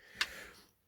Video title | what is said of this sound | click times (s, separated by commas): How To Make Crimp MC4 Solar connectors | then this goes in the mail and the same thing push it all the way in there we go locks | 0.2 s